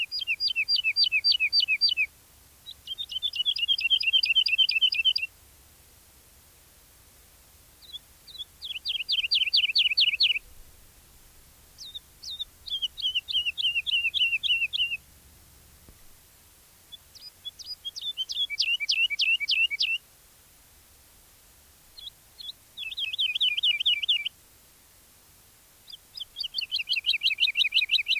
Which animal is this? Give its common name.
Wood Lark